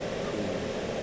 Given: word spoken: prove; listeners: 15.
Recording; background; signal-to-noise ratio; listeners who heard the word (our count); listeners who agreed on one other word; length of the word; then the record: one English word in noise, from a listening test; speech-shaped noise; -6.9 dB; 0 of 15; 11 of 15; 0.63 s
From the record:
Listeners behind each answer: 11, 2, 1, 1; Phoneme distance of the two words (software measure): 27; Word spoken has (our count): 1 syllable, 4 phonemes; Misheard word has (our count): 1 syllable, 3 phonemes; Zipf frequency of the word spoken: 4.78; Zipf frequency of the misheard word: 5.07